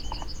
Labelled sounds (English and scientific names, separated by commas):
Yellowhammer (Emberiza citrinella) song